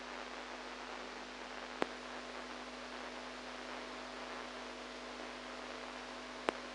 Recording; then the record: brain microelectrode recording played as sound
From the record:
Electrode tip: inside the subthalamic nucleus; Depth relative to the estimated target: -1 mm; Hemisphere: right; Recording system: NeuroSet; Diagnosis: Parkinson's disease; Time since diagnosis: 8 years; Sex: female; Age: 45 years